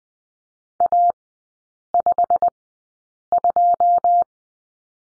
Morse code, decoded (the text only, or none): A52